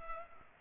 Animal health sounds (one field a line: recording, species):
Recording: mosquito wingbeat signal from an infrared sensor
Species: Culex pipiens